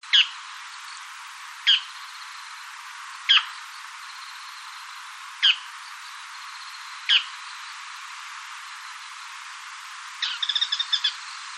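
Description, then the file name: Bull-headed shrike sharp single calls repeated about every one and a half to two seconds over steady hiss, ending with a quick stuttering chatter. "mozu"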